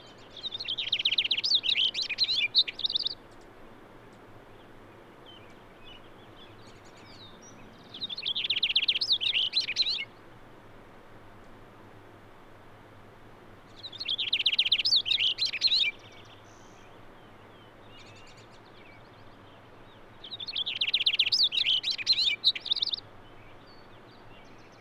Cassin's Finch song recorded at Hollowell Park in Rocky Mountain National Park.